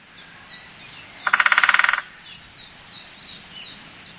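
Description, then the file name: Woodpecker drumming: a fast roll of about a dozen sharp pulses lasting under a second, over faint twittering songbirds. "spechtgb"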